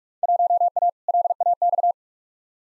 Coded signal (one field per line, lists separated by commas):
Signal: Morse code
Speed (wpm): 46 wpm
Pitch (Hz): 700 Hz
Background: none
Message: 1A LAX